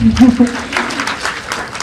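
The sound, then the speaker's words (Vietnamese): A brief bit of a man's speech asking for applause at a parenting program talk gives way to the audience breaking into steady, crackling applause, many hands clapping together at a moderate level for over a second. “Cho em một tràng pháo tay.”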